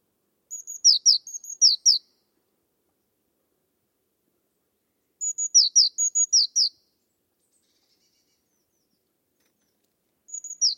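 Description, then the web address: Bird calling in high, thin phrases of short whistled notes and downward chirps, each burst about a second and a half long, repeated roughly every four to five seconds. Bird only. "cianscape birddata Deverinetal 2025 Bird Only"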